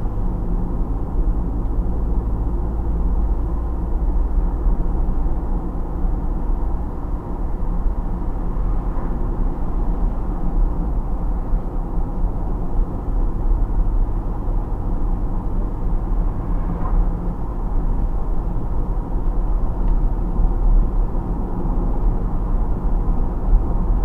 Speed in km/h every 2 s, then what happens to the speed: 55, 59, 61, 62, 62, 64, 64, 66, 66, 68, 70, 72.
0-24 speeds up to 72.